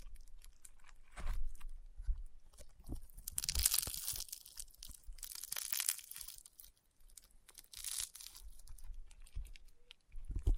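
Crunchy honeycomb slime is squeezed and pressed, giving a steady stream of sharp crackles and pops. Brighter, hissing crunch bursts come around four, six and eight seconds, with duller low thumps scattered between and a brief quieter lull near seven seconds.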